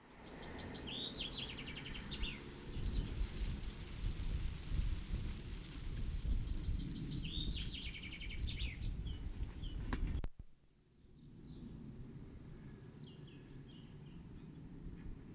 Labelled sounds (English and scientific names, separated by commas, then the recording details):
Common Chaffinch (Fringilla coelebs) song
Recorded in the wild
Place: Sötern, Saarland, DE
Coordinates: 49.5947, 7.065
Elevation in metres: 419
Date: 1973-06-15
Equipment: Nagra IV, Sennheiser MKH 405, Parabolreflektor
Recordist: Tretzel, Erwin